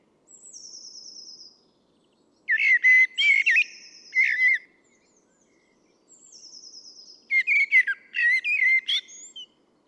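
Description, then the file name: Common blackbird song: two phrases, each opened by a faint high trill and followed by loud fluted warbles and scratchy twitters, repeated about every six seconds. "Turdus merula"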